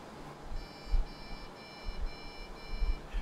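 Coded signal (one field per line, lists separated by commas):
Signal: beep code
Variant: ASRock BIOS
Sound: a run of identical high electronic beeps, about half a second each, with brief gaps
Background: low rumble and handling noise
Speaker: you get five beeps and now it's not gonna boot it will not go to the hard drive and boot up whatever operating system you have it is stuck because there's no monitor connected to it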